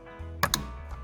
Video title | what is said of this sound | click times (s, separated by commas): Porsche 997 Retrofit Steering Wheel Installation | and that's a nice click | 0.4 s, 0.5 s